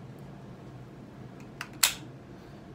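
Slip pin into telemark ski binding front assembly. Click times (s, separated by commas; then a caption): 1.8 s. A metal slip pin is pushed through the holes on the front assembly of a 22 Designs Lynx telemark ski binding until it seats. A faint tick at 1.6 s comes just before a sharp, bright click at 1.8 s as the pin snaps home, all over a low steady background hum.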